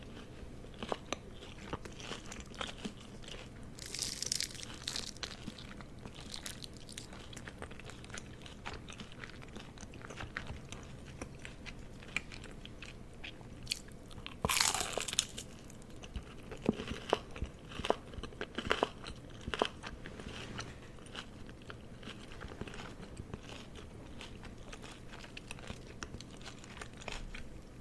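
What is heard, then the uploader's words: Mukbang eating of a spicy chicken burger, onion rings, cheesecake and bubble tea, with steady chewing and frequent sharp crunchy bites throughout. Louder crisp bursts stand out around 4 seconds and 15 seconds, with clusters of clicky mouth sounds over a low, constant hum. ASMR Mukbang (Spicy Chicken Burger, Onion Rings, Cheesecake & Bubble Tea).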